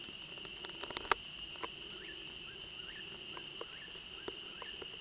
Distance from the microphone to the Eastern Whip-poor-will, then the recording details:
about 50 m. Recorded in a Pennsylvania forest on 31 May 2023 at 21:28. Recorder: AudioMoth, point grid3_29_low. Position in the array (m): -8 m, 93 m